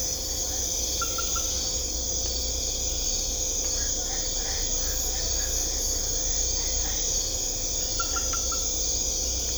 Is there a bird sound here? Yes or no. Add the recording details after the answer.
no. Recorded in secondary vegetation near Puerto Asís, Putumayo, Colombia, on 16 December 2024 at 21:00. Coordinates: 0.500, -76.326. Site G065